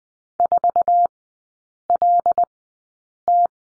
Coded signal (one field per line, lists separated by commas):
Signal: Morse code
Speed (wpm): 19 wpm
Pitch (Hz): 700 Hz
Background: none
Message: 4 L T